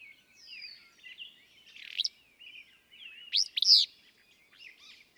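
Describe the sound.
Willow flycatcher giving two buzzy, sneeze-like phrases, the second louder and split in two, over busy twittering and whistling of other birds.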